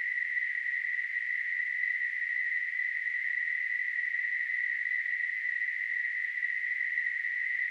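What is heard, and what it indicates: A simulated tinnitus sound.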